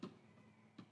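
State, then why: Not seated. A cut aftermarket nylon-type power rod end for an exercise machine is handled at a test block with a groove, being pushed and twisted toward its seat. Two short bursts of handling contact are heard, near 0.0 and 0.8 seconds. Nothing has seated or clicked into the groove yet.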